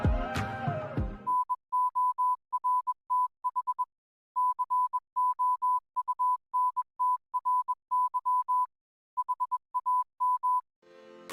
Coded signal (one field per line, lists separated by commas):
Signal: Morse code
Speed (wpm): 21 wpm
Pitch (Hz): 1000 Hz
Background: music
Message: NORTH COUNTRY HAM